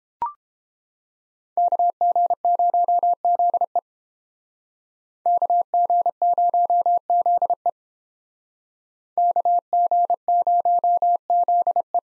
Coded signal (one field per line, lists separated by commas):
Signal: Morse code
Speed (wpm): 30 wpm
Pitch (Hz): 700 Hz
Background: none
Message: KG0ZE KG0ZE KG0ZE